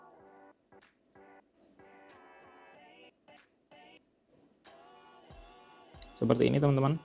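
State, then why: Not seated. A Swift splice-on connector body is lined up and fitted into its connector housing on a fiber optic cable, with quiet handling sounds under steady music. Someone talks near the end. Nothing has seated or clicked yet.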